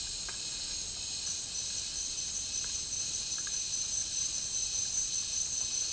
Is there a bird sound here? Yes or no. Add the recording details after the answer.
no. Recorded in dense forest near Puerto Asís, Putumayo, Colombia, on 12 March 2025 at 11:00. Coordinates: 0.485, -76.318. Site G056